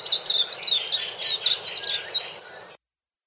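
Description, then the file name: White-eye giving a lively, high twittering song of looping, slurred notes that fades near the end and then stops abruptly, with light hiss behind. "suara kicauan burung kacamata perak. omkicau"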